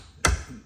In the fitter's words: there it clicks and do all four of these I've already done